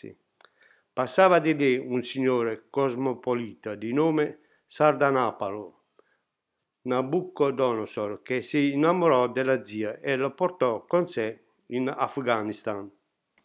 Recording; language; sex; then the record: read passage; Italian; male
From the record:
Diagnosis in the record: healthy control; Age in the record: 68 years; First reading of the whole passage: 60 s, 8.7 characters per second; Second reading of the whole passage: 55 s, 9.3 characters per second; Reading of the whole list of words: 43 s, 6.5 characters per second